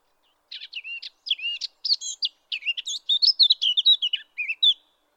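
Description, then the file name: Eurasian blackcap giving one warbled phrase of about four seconds, with jerky chirps that run into more fluid, tumbling notes near the end. "Sylvia atricapilla"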